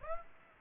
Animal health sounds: mosquito wingbeat signal from an infrared sensor; Aedes aegypti

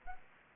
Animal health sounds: mosquito wingbeat signal from an infrared sensor; Aedes aegypti

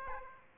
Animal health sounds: mosquito wingbeat signal from an infrared sensor; Aedes aegypti

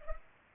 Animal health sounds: mosquito wingbeat signal from an infrared sensor; Culex pipiens

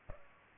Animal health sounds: mosquito wingbeat signal from an infrared sensor; Aedes aegypti

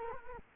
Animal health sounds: mosquito wingbeat signal from an infrared sensor; Culex quinquefasciatus

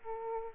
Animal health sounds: mosquito wingbeat signal from an infrared sensor; Aedes aegypti

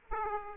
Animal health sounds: mosquito wingbeat signal from an infrared sensor; Aedes aegypti

